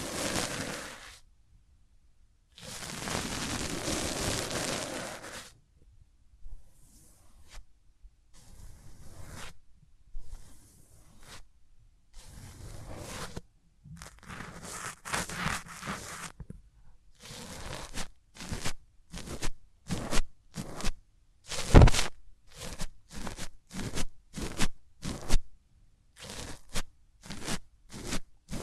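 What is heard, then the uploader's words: Hands rub very close to the microphone with no talking, starting with long, full swishing strokes and soft rustles. Over time the strokes become short, quick brushes in a steady rhythm, crisp and bright, with a firmer scrape near twenty-two seconds. Rubbing Your Ears in My Hands Sensitive, Close Up Triggers (No Talking).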